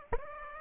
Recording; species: mosquito wingbeat signal from an infrared sensor; Aedes aegypti